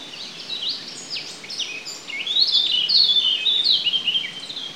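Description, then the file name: Eurasian blackcap song: scratchy high twitters building into a brighter, louder warbled phrase near the end, with constant background hiss. "Sylvia atricapilla"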